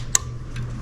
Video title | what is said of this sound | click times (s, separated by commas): LOWRIDER HYDRAULICS DONT REALLY SUCK, ONLY CERTAIN COMPANIES! / DIYMOVEMENT / MADE IN USA / LOWRIDER | in. Snaps in place. Boom. | 0.1 s